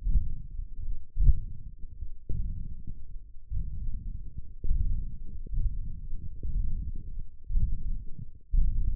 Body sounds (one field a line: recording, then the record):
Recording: forearm muscle sounds (acoustic myography)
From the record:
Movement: hook grip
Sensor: system 1, eight BSWA MPA416 microphones around the upper forearm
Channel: 2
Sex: male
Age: 21 years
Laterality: right